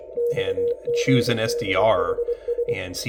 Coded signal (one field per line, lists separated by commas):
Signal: Morse code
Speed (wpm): 23 wpm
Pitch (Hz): 480 Hz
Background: speech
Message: XGDHS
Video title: M51/FAV22 French Military coded messages using Kiwi SDR out of Carlow, Ireland